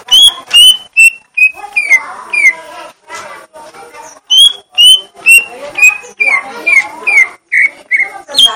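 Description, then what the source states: Leafbird song, a steady stream of bright whistled notes, some falling and some level, mixed with chattering and short harsh notes. Song style called "gledek", meaning thunder.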